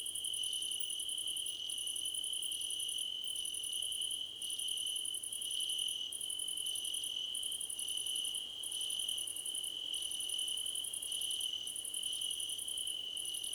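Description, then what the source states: Several crickets sing together, one continuous high trill plus very high pulsed bursts with short breaks between, joined by short mid-high chirps throughout. Several crickets chirping together, described as a choir competition.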